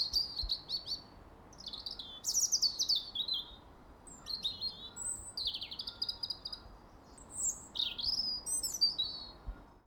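Bird singing a varied series of high whistled and chirping phrases, some sliding downward, with brief pauses, over a faint steady background hiss.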